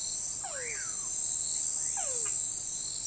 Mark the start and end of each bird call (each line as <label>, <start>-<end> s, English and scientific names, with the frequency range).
Common Pauraque (Nyctidromus albicollis) (1.0-2.6 kHz), 0.36-1.09 s